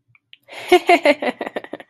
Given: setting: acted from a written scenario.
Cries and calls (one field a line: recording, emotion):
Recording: vocal sound without words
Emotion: amusement